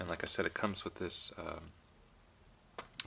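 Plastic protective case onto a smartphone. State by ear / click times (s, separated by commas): seated / 3.0 s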